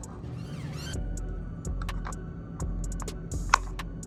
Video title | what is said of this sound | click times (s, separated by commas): REPLACING MY VVT SOLENOID IN MY 2013 BUICK VERANO | Push it down till you hear a click. | 3.5 s